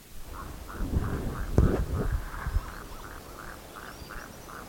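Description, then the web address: Bird calls, a series of short hoarse notes repeated a few times a second, with low thumping and rustling noises early on. "BIRD 2015 SABIOD 50 bird 2015"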